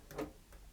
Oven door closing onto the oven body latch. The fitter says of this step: and at the end it just clicks into place absolutely love it